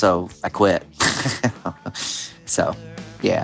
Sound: laughter

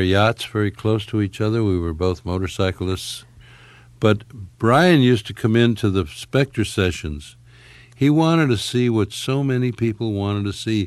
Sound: none

